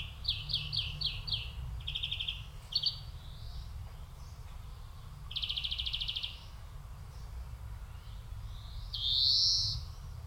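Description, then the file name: European greenfinch with a quick series of chipping notes, buzzy trills and a drawn-out wheeze at the end, background low rumble throughout. "Chloris chloris"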